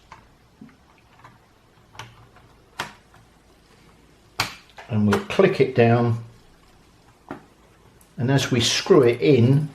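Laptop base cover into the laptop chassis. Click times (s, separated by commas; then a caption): 2.8 s, 4.4 s. The plastic base cover of a Toshiba C55D-C (PSCQEE) laptop is pressed back down onto the chassis after a memory upgrade, with sharp plastic clicks at 2.8 s and 4.4 s as its edge clips snap home, among a few fainter ticks. Someone talks in between. The base cover ends up seated in the case.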